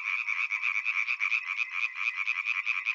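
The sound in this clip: European tree frog calling in a fast, continuous train of pulses, rapid and even for the whole three seconds, with no other sounds.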